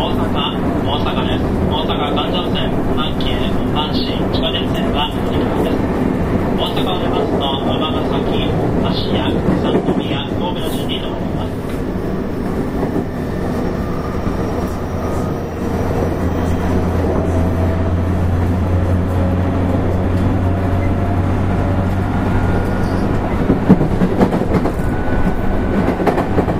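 A 223 series Kobe Line train runs with a steady dense rumble, rhythmic high chirps early on, then a low humming tone midway.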